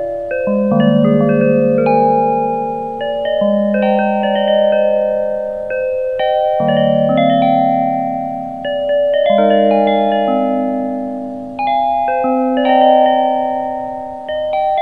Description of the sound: Widex ZEN Melodie Lavender. Widex tinnitus therapy.